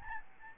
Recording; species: mosquito wingbeat signal from an infrared sensor; Aedes albopictus